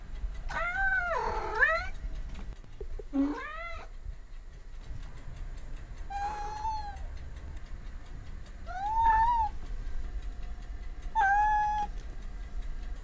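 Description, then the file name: Domestic cat meowing, five drawn-out, wavering meows spaced a few seconds apart, some bending up and down in pitch, over a low steady background hum. "kot - Myaukane"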